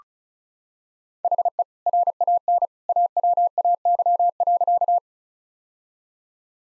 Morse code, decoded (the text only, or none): HE RAN AWAY.